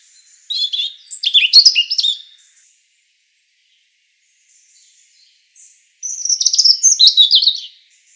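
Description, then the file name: European robin song: two bursts of high, thin warbling and trilled notes with quick pitch jumps, separated by a few seconds of silence. "Erithacus rubecula"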